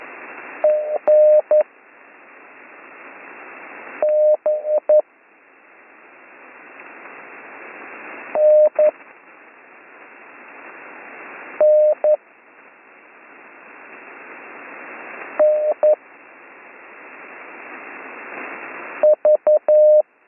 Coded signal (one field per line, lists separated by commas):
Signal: Morse code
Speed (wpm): 11 wpm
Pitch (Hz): 610 Hz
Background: none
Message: EN B N N N V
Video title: Slow Morse Code Course - Week 4 - Learn Morse Code